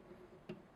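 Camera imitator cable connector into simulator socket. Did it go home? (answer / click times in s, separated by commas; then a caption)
yes / 0.5 s. The color-coded laparoscopic camera imitator cable connector of a LapVision laparoscopy surgical simulator by MedVision is aligned and plugged into the simulator socket. Against a faint steady background, a single short, small tick sounds at 0.5 s. The connector is seated.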